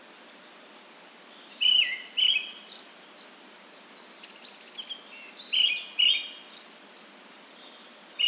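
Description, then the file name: Brown-headed thrush giving two pairs of clear whistled phrases, with many thin high notes in between. "akahara"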